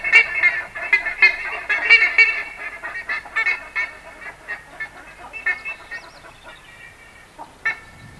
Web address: buff-necked ibis